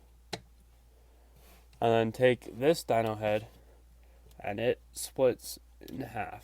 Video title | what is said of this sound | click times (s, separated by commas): Studio Series Buzzworthy Bumblebee Grimlock Review | until it clicks | 0.3 s